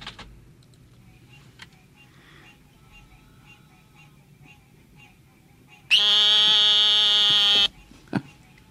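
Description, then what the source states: Eastern narrowmouth toad call: one loud, nasal, buzzing bleat held for under two seconds, with faint frog calls and scattered clicks in the background. Recording played on air; not the season for this call now; green tree frogs calling in the background.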